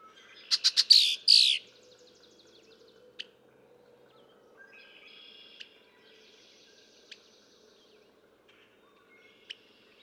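Red-winged blackbird song: a few sharp clicking notes run straight into a loud, rasping buzzy trill, followed by scattered faint chips and quiet background birds.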